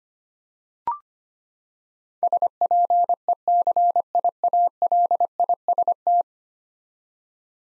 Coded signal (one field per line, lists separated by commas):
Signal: Morse code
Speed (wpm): 25 wpm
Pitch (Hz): 700 Hz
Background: none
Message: SPECIALIST